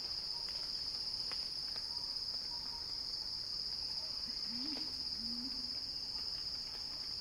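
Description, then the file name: Cicada song, an unbroken high buzz throughout, with a short low wavering call partway through and a few faint ticks. Cicada song rising in a crescendo. "Axel-Drioli Cicada-Crescendo-Sounding-Wild"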